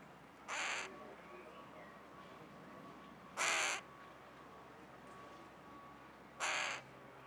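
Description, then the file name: Carrion crow calling three rasping caws, spaced about three seconds apart. "Corvus corone"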